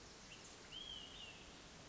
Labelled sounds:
Olive-sided Flycatcher
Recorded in Sonoma County, California

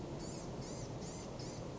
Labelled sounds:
Blue-gray Gnatcatcher
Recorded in Sonoma County, California

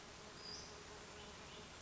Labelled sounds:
Western Flycatcher
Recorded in Sonoma County, California

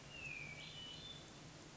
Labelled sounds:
Hermit Thrush
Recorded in Sonoma County, California

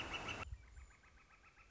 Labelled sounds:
Northern Flicker
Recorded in Sonoma County, California

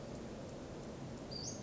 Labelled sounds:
Western Flycatcher
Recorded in Sonoma County, California

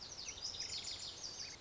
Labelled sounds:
Lazuli Bunting
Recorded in Sonoma County, California

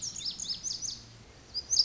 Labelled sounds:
Lazuli Bunting
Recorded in Sonoma County, California

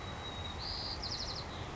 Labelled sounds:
White-crowned Sparrow
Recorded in Sonoma County, California

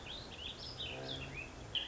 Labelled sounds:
Warbling Vireo
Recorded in Sonoma County, California

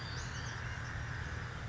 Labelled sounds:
Western Flycatcher
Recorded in Sonoma County, California

